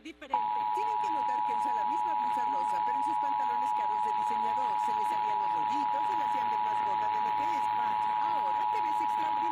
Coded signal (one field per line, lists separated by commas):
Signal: Emergency Alert System (SAME) tones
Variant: 853 and 960 Hz attention tone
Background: speech